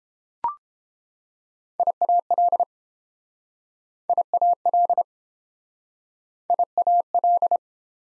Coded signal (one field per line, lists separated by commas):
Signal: Morse code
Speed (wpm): 31 wpm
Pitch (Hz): 700 Hz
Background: none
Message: IAL IAL IAL